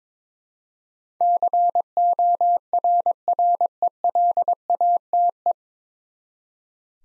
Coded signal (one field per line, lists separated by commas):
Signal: Morse code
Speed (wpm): 21 wpm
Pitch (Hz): 700 Hz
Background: none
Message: CORRELATE